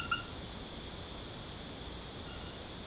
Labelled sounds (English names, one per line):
none